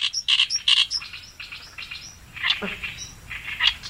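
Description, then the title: Oriental reed warbler song: short bursts of harsh, scratchy chattering notes. A brief lower descending note comes partway through. Recorded on the Tone River riverbank in Japan. "利根川河川敷のオオヨシキリ"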